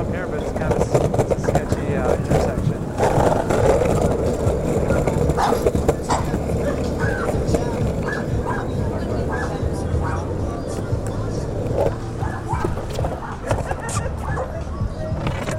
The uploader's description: We skate along the city's streets, sidewalks, and a bike path that runs alongside train tracks and crosses a river.